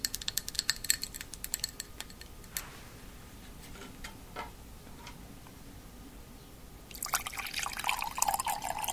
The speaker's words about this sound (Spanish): Aquí prepararé un agua para lavarte las uñitas.